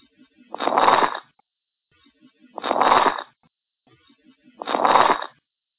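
Three rough, bubbling bursts, each under a second, recur about every two seconds, roughly 29 a minute, with quiet gaps between. These are coarse crackles (rales) from an adult's lungs, low-pitched popping lung sounds heard during breathing that point to fluid or secretions in the airways.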